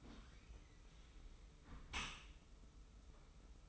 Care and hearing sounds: daily activity, microphone in the room; close dishwasher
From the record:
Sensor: 1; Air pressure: 991.3 hPa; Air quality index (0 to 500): 120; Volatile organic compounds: 213 ppm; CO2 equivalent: 4255 ppm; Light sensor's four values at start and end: 40/125/49/51 and 40/125/49/51

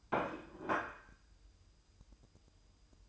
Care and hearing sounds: daily activity, microphone in the room; place plate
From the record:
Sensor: 2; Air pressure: 988.5 hPa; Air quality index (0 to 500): 193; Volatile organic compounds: 194 ppm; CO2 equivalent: 4192 ppm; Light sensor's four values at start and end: 19/64/25/24 and 19/64/25/24

